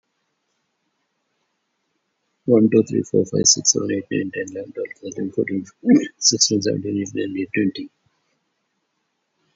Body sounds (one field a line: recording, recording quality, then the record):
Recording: counting at a fast pace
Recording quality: excellent, no background noise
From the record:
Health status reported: COVID-19 positive, mild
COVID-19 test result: positive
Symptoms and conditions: pneumonia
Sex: male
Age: 60 years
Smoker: not ticked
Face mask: worn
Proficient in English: yes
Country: India